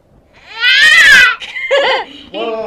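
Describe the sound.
A person imitates a cat yowling after its tail is stepped on: a loud, strained, rising-and-falling shriek followed by two shorter, high, nasal wails.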